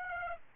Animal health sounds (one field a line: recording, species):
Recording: mosquito wingbeat signal from an infrared sensor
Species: Aedes aegypti